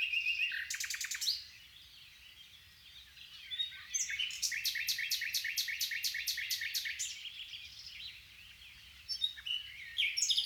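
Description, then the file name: Common nightingale song: a burst of loud rattling clicks, then a fast series of hard repeated notes lasting about three seconds, with softer chirps between. "Luscinia megarhynchos"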